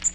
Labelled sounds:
Magnolia Warbler flight call

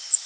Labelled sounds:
Cape May Warbler flight call

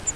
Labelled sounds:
Grace's Warbler flight call

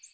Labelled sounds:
American Redstart flight call

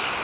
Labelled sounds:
American Redstart flight call

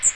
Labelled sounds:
Magnolia Warbler flight call

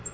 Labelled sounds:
Black-throated Green Warbler flight call

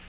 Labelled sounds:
Yellow-rumped Warbler flight call

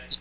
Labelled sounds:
Magnolia Warbler flight call

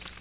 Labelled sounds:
Magnolia Warbler flight call

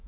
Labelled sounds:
Hermit Warbler flight call

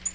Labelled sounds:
Tennessee Warbler flight call

